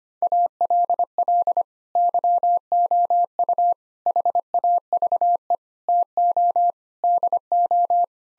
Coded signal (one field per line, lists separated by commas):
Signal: Morse code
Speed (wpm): 25 wpm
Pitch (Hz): 700 Hz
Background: none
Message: ALL YOU HAVE TO DO